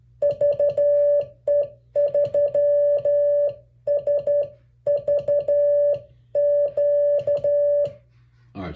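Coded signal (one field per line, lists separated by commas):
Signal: Morse code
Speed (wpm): 12 wpm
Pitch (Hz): 580 Hz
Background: music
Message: VE3SVQ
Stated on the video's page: Sent on mini portable keys popular for POTA and SOTA, CWMorse compared with Putikeeg.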